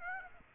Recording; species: mosquito wingbeat signal from an infrared sensor; Aedes aegypti